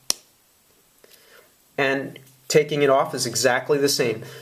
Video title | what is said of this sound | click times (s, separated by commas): HydroFloss Oral Irrigator Training Video | tip on like this and you press it down to hear a slight click | 0.1 s